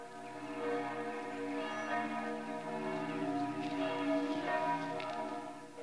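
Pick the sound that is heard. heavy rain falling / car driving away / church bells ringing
church bells ringing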